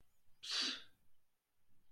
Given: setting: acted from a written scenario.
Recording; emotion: vocal sound without words; contempt